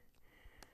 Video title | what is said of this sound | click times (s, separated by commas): Science Snippet- 4th Grade, Unit 5 Act 2 Additional Instructions | going to click right into the | 0.6 s